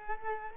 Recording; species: mosquito wingbeat signal from an infrared sensor; Culex quinquefasciatus